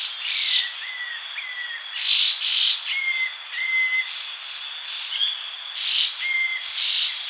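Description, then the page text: Ferruginous babbler calls: short whistled notes, some slurred, repeated at irregular intervals, mixed with bursts of higher chattering and a steady insect-like hum. "Ferruginous Babbler Calls. Quick Sounds"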